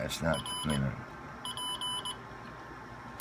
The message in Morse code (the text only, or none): R P